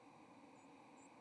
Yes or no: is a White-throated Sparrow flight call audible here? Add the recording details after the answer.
no. Another species' flight call is heard. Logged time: 10:27 on 30 October 2014